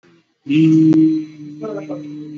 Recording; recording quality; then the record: sustained vowel as in beet; excellent, no background noise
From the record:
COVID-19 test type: RT-PCR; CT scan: not taken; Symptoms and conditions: cough, cold, fever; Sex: male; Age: 53 years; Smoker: no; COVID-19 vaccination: both doses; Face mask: worn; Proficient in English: yes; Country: India